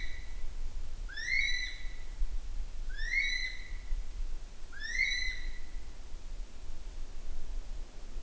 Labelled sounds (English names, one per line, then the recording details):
North Island Brown Kiwi male call
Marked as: faintness 1/5
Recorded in New Zealand on 9 June 2014
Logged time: 02:19